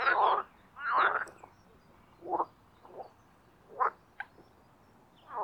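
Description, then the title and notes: Marsh frog croaks: a couple of strong pulsed calls at the start, followed by sparser croaks spread over a few seconds. Spring mating chorus in an artificial pond created for water activities at Parc Chédeville, Oise; after a cold night. "Les grenouilles et l’avion. Parc Chédeville dans l'Oise. des grenouilles rieuses se donnent rendez-vous au printemps pour un concert amoureux. La Grenouille rieuse ( Pelophylax ridibundus )"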